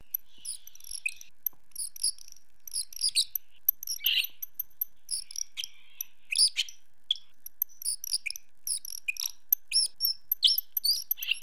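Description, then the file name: Greater sac-winged bat singing a courtship song of high, squeaky chirps, short buzzy trills and clicks in irregular bursts, with brief pauses between phrases. "Saccopteryx bilineata Balzgesang"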